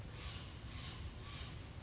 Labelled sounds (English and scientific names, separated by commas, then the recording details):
Steller's Jay (Cyanocitta stelleri)
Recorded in Sonoma County, California